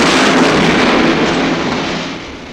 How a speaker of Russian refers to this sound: Оглушительный взрыв расшвырял передний ряд атакующих.